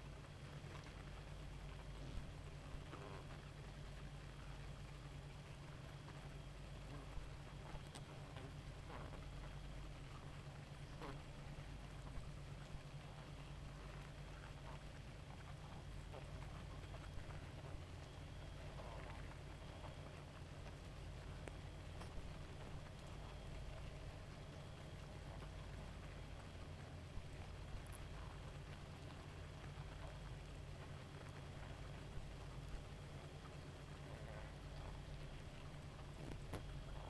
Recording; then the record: honeybee colony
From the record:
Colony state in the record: active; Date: 28 July 2017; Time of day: 0:50